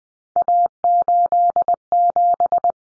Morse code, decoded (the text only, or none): A87